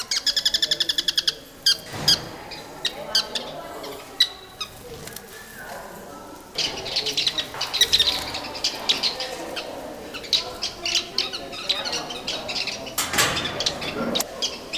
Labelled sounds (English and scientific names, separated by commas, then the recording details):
Sociable Weaver (Philetairus socius) call
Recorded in captivity
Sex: group
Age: adult
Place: Tiergarten Wilhelma/Stuttgart, Baden-Württemberg, DE
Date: 2000-09-24 14:35
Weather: sunny, 18°C
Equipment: Nagra SN, Kopie Uher 4000 Report Monitor
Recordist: Tembrock, Günter